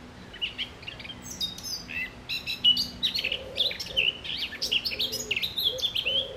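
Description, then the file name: Eurasian blackcap, a lively warbling burst of quick chirps and clear whistles; a few soft lower notes and a faint hum sit underneath. "Sylvia atricapilla"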